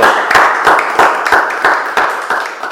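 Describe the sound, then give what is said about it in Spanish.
A group applauds a poet who has just recited the Ángel de la guarda prayer, a dense, steady wash of clapping with sharper claps standing out at a fairly regular beat. It stays loud throughout, with no voices over it. “Bueno, aplauso para nuestro poeta”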